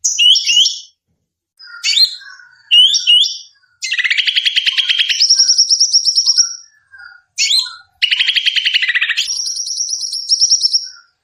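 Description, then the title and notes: Bird sounds: short sharp chirps, then long rattling buzzy trills stepping upward in pitch, separated by a few quiet pauses. Bird lure calls used to attract stubborn birds that are hard to approach. "Suara Burung Bandel Yang Susah Mendekati. Kompilasi Suara Pikat Burung"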